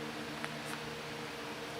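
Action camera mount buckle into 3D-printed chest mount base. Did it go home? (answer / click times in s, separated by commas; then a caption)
yes / 0.4 s. A GoPro Hero 3's mounting buckle is inserted into a 3D-printed plastic chest-mount base and twisted, against a steady low hum and broadband noise. A short, sharp click is heard at 0.4 s as the buckle locks in place and is seated.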